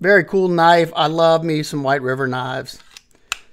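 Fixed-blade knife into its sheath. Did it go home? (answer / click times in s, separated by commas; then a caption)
yes / 3.3 s. Someone talks as a White River fixed-blade knife, with CPM 3V steel, an FDE coating and bolt-on G10 scales, is pushed back into its sheath. A few faint ticks come first, then the sheath's retention catches the blade with one sharp, positive click at 3.3 s, and the knife is seated.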